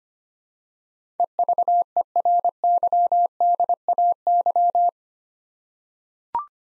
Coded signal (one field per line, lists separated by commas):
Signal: Morse code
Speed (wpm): 25 wpm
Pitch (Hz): 700 Hz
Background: none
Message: EVERYDAY